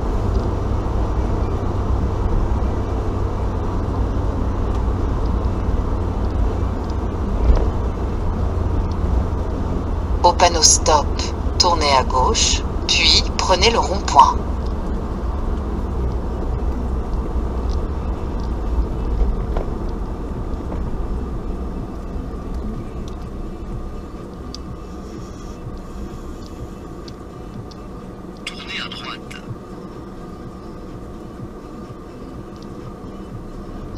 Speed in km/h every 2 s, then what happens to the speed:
78, 77, 75, 72, 69, 66, 63, 60, 56, 53, 43, 37, 31, 22, 6, 3, 0.
0-31 slows to 0.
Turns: 23-26.